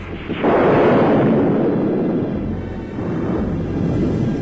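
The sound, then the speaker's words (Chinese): A loud crack of thunder breaks in after a brief quiet, then rolls on as a deep, heavy rumble that stays strong for several seconds with a slight swell near the end. “打雷了，下雨了，天哭了。”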